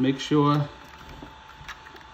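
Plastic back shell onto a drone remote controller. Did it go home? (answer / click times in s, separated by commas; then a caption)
no / none. The plastic back shell of a Mavic Air drone remote controller is handled while being lined up for snapping onto the body, with someone talking briefly at the start followed by faint, quiet handling noises. Nothing has seated or clicked yet; the shell is not yet home.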